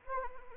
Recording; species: mosquito wingbeat signal from an infrared sensor; Anopheles arabiensis